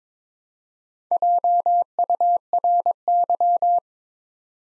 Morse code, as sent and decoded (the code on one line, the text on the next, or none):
.--- ..- .-. -.--
JURY